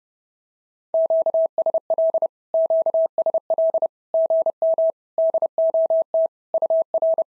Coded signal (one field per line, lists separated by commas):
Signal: Morse code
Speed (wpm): 30 wpm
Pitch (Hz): 650 Hz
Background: none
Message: QSL QSL GM DOT UR